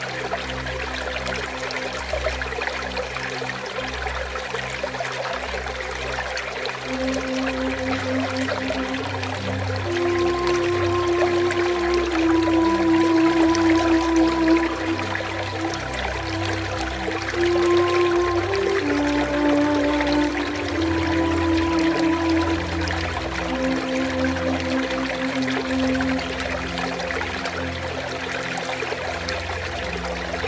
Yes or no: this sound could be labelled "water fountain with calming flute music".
yes